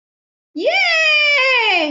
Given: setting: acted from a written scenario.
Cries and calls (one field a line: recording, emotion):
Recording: vocal sound without words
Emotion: triumph